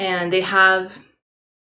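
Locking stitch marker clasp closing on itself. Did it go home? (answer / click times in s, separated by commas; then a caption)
no / none. A small plastic locking crochet stitch marker is being handled while someone talks, and it is about to be closed on itself. Only speech is heard, fading out around 1.1 seconds, followed by silence. Nothing has seated or clicked yet; the marker's clasp has not snapped shut.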